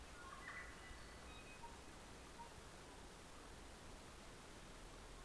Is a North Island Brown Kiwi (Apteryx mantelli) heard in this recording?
no